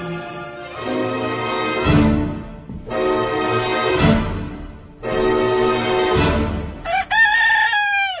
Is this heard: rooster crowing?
yes